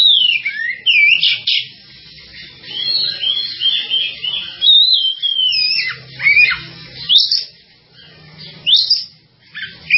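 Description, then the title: Java sparrow song: drawn-out, wavering whistled notes with rising and falling slurs, interspersed with brief chirps and pauses. "kicau gelatik"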